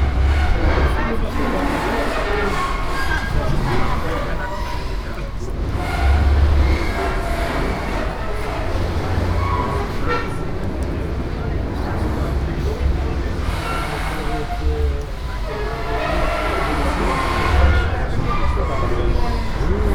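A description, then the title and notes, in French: Passengers' voices murmur continuously as people board a ferry, several talking at once. Underneath, a steady low rumble and thudding from the floating landing stage rocked by the swell, with heavier bumps around 6 and 17 seconds. Son enregistré à Lisbonne sur les quais, Estação Ferroviária do Sul e Sueste. Voix des passagers embarquant pour le ferry et bruit de la plateforme d'embarcation flottante mouvementée par le ressac des vagues.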